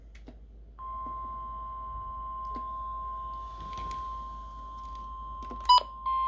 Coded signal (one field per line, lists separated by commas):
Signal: Emergency Alert System (SAME) tones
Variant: 1050 Hz attention tone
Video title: EAS #15 Severe Thunderstorm Warning Issued on WXM51 | May 31st, 2024